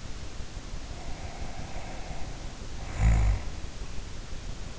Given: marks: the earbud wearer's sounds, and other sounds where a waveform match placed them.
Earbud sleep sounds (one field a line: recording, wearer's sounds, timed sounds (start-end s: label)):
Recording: sounds in sleep by an in-ear microphone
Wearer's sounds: snoring breath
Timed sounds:
0.83-3.61 s: snoring breath